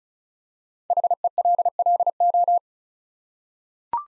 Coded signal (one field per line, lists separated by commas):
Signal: Morse code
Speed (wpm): 36 wpm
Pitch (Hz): 700 Hz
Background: none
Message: HELLO